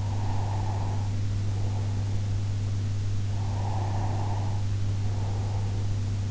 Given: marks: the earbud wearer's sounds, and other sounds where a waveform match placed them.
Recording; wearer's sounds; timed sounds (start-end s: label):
sounds in sleep by an in-ear microphone; breath
0.00-2.57 s: breath
3.26-6.26 s: breath